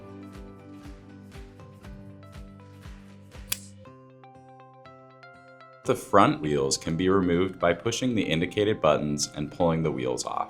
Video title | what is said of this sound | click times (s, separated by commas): Pathfinder™ 2-Seat and 4-Seat Stroller Wagon Assembly Video - Radio Flyer | Take the stem of the caster and push it into the hole on the frame of the wagon until you hear a click. | 3.5 s